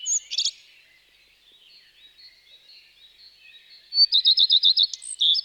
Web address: IVN Zangvogels. Gekraagde roodstaart